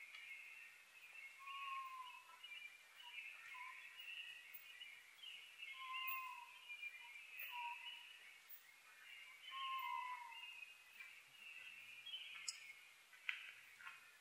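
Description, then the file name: Oriental scops owl calling: several low, slightly falling whistled notes at uneven intervals over a steady, dense high-pitched chorus. Recorded 21 May 2011 at 19:12; Japanese name konohazuku. "konohazuku 20110521-1912"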